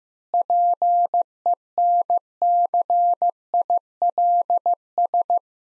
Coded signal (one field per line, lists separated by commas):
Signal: Morse code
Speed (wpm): 15 wpm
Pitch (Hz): 700 Hz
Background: none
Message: PENCILS